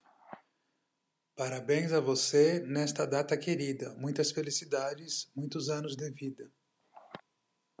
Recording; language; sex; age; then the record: short text; Brazilian Portuguese; male; 40 to 49 years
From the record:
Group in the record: control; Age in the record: 44 years